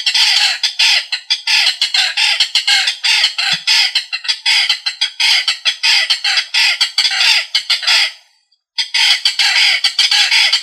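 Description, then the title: Rail producing a long series of coarse, rasping squawks at a fast uneven pace, broken by a short pause before the harsh notes resume. "LuckyFamilia RallidaeFrangoSama"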